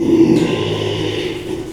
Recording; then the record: squeal of a Yucatan mini pig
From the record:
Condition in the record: after surgery on the right vocal fold (resection and tissue-engineered implant); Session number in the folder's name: 1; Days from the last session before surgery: 6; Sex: male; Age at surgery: 12 weeks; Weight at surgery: 13 kg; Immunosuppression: cyclosporine, prednisolone